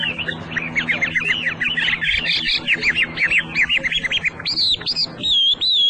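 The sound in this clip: Hwamei song: rich, loud whistled phrases, rapid varied warbles and slurred notes, ending in longer sweeping whistles, with a faint low hum underneath.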